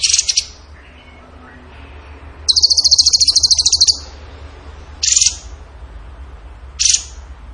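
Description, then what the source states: Bird song: a long, fast, high-pitched pulsing trill lasting about a second and a half, followed by short sharp chirp bursts every couple of seconds. Masteran training recording of a bird singing in the gacor tembakan style.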